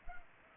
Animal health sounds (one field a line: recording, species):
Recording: mosquito wingbeat signal from an infrared sensor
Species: Culex pipiens